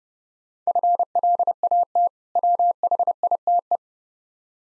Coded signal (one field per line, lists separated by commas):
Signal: Morse code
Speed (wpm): 30 wpm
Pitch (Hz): 700 Hz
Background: none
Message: FLAT WHITE